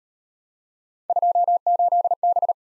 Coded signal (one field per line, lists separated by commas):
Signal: Morse code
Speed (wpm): 38 wpm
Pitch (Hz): 700 Hz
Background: none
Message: 28B